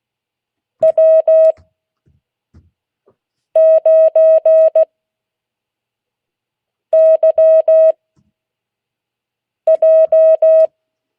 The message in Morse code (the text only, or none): W9YJ